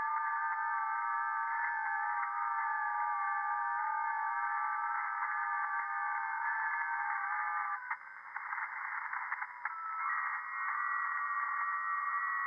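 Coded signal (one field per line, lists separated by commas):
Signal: FT8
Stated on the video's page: FT8 received live over the air on 40 m via an NVIS dipole with real ham gear, not an SDR or simulation.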